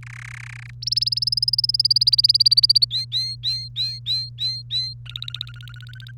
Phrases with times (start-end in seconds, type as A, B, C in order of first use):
0.03-0.70 A, 0.82-2.85 B, 2.90-4.94 C, 5.06-6.12 D